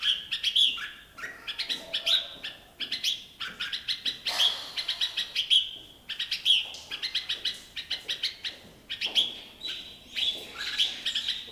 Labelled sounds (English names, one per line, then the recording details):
Red-whiskered Bulbul song
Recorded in captivity
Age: adult
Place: Zoo Berlin, Berlin, DE
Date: 2002-09-04 15:51
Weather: fair, 24 - 26°C
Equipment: Nagra SN, Kopie Uher 4000 Report Monitor
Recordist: Tembrock, Günter
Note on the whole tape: Gesang